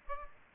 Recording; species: mosquito wingbeat signal from an infrared sensor; Aedes aegypti